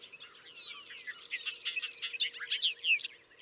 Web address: songs Bobolink